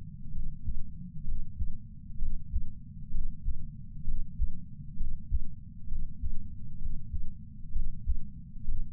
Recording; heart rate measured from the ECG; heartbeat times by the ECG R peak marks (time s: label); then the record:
heart sounds by patch sensor on the chest; 65 bpm
0.30 s: heartbeat
1.24 s: heartbeat
2.18 s: heartbeat
3.11 s: heartbeat
4.04 s: heartbeat
4.97 s: heartbeat
5.88 s: heartbeat
6.79 s: heartbeat
7.72 s: heartbeat
8.65 s: heartbeat
From the record:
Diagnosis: coronary artery disease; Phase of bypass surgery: intraoperative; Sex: male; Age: 69 years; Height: 165 cm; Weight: 60 kg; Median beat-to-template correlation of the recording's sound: 0.76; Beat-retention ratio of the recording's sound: 0.99